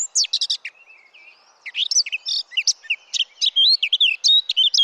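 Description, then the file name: Eurasian blackcap song: dense, hurried warbling of bright whistles and chirps, broken by one short pause, then resuming richly to the end. "Sylvia atricapilla"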